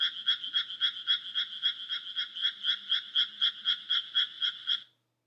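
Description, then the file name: Frog giving a rapid run of rasping, pulsed croaks, roughly four each second, that stops abruptly near the end, leaving silence. "kaeru"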